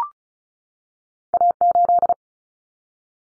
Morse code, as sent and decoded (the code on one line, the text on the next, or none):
.- ---..
A8